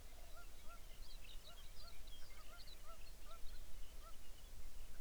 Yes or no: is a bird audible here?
yes